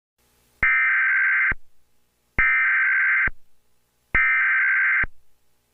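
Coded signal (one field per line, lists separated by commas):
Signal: Emergency Alert System (SAME) tones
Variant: header bursts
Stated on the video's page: Fictional EAS scenario of Nebraska flash floods.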